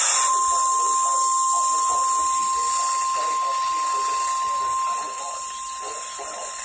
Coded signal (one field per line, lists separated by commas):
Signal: Emergency Alert System (SAME) tones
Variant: 1050 Hz attention tone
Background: speech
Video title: Required Weekly Test/First RWT of 2018-WWG21 (EAS #92) 1/3/18